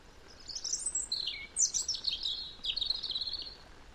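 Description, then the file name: European robin song, a fluid run of high thin warbled phrases and trills, shifting pitch quickly, in three bursts separated by brief pauses; faint background hiss. "Erithacus rubecula"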